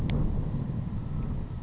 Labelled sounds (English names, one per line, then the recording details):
Savannah Sparrow
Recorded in Sonoma County, California